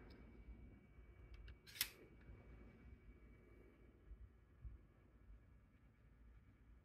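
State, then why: Not seated. An inner magazine tube fitted with an O-ring is inserted into the outer magazine tube of a youth-model rifle, with soft handling and rubbing noises over a low steady hum and a brief sharp knock near 1.8 seconds. Nothing clicks or snaps into place, and the tube stays loose.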